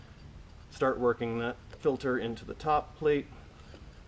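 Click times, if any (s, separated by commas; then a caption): none. Someone talks while working an engine air filter element into the carburetor top plate of the engine intake, pushing it in around its edge. Only speech and faint low background noise are heard. Nothing has seated or clicked yet.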